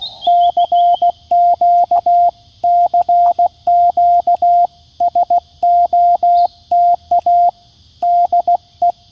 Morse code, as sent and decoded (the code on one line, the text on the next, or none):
-.-. --.- / -.-. --.- / ... --- - .- / -.. .
CQ CQ SOTA DE